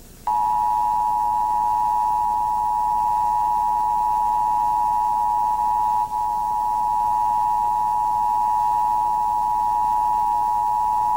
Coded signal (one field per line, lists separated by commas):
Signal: Emergency Alert System (SAME) tones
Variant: 853 and 960 Hz attention tone